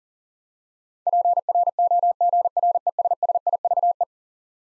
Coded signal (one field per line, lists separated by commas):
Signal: Morse code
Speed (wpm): 40 wpm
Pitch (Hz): 700 Hz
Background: none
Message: PROGRESSIVE